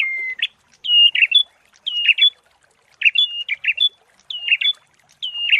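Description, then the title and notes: Prinia song: whistled notes followed by scratchy chirps, given in quick uneven bursts roughly once a second. Prenjak song used as a masteran (bird-training) and therapy recording. "Masteran Terapi Prenjak. Burung Prenjak"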